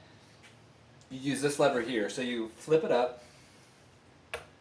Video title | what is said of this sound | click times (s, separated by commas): How to tighten chain on Husqvarna 235 e-series chainsaw | it locks into place so you just turn it counterclockwise and | 4.3 s